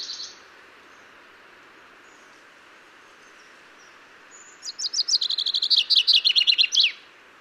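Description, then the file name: Common chaffinch song: after a short note and a quiet gap, a lively rattle of sharp notes tumbles downward and ends in a crisp flourish. "Fringilla coelebs"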